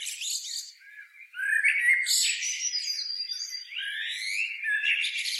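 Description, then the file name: Eurasian blackbird with rising, harsh slurred notes and squeaky twitters running almost continuously. "Turdus merula"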